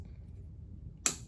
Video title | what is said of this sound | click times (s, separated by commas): How to assemble your Carpigiani 1131 | click just like that okay so you got the | 1.1 s